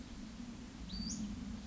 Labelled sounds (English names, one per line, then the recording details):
Western Flycatcher
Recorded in Sonoma County, California